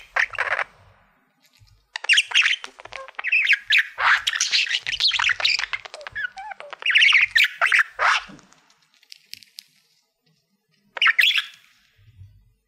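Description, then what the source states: Budgerigar chatter: rapid, scratchy chirps, squawks and warbles in dense bursts, a short burst at the start, a long run from about two to eight seconds, then a pause and a short outburst near eleven seconds. Budgie chatter described as happy sounds.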